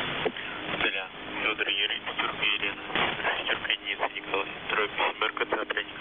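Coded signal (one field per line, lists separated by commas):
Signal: coded military voice message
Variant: The Pip, Russian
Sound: a male voice reading a message over a narrow, muffled radio channel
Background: radio static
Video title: The Pip | 21st August 2023 | "Dlya" Voice Message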